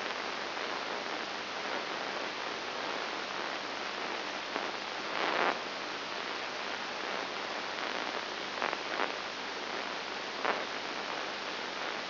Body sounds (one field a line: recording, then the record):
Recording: brain microelectrode recording played as sound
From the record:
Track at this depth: inside the subthalamic nucleus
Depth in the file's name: 2.703 mm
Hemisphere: left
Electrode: 3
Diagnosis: Parkinson's disease